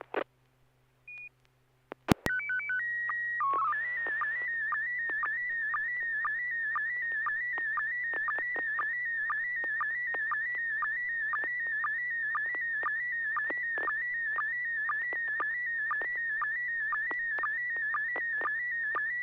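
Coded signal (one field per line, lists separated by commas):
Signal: SSTV (slow-scan television)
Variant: PD120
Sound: short tone header, then a continuous warbling whistle with regular clicking sync ticks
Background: low hum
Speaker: this is n6pgq PD 120.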